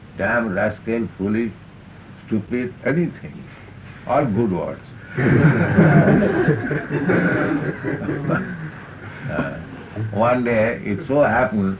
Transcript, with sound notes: "Damn rascal," "foolish," "stupid," anything, all good words. [laughter] One day it so happened...